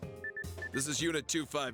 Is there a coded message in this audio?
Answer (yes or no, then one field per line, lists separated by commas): no